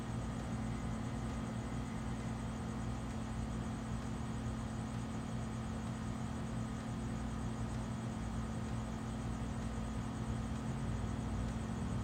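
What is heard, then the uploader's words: A backyard at night in Phoenix, Arizona, filled with a steady, unbroken low rumble like distant traffic or an aircraft droning overhead. The hum holds level for the whole twelve seconds, with a faint hiss above it and no distinct events. Backyard at night in Pheonix, Arizona. This episode was recorded at night in the backyard of a central Phoenix home.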